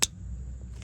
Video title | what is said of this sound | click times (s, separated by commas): 2012 Honda Odyssey Rocka arm oil pressures switch P3400 ￼ replaced | You put it in. Yeah, you hear the click. | 0.0 s